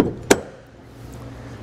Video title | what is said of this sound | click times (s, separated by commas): etrailer - Stealth Hitches Hidden Trailer Hitch Installation - 2021 BMW X5 | we hear it lock into place we know everything is secure and seated correctly | 0.3 s